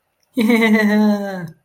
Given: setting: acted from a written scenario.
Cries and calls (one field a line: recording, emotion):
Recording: vocal sound without words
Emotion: elation